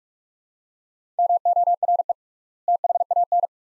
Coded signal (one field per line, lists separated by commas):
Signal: Morse code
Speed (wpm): 47 wpm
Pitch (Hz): 700 Hz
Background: none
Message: MORE THAN